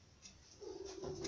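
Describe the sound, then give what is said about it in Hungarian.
A cat lets out one long, drawn-out meow that starts about halfway through, holds a steady mid-pitched tone and grows louder toward the end over a faint hiss. “Itt van a kedvenc macskád, Cic.”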